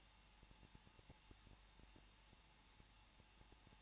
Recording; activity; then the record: daily activity, microphone in the room; no activity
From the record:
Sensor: 1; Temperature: 20.0 degrees Celsius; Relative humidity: 39.5%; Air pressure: 1006.4 hPa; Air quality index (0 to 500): 220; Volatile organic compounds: 83 ppm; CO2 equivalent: 3635 ppm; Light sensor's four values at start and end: 1/2/1/1 and 1/2/1/1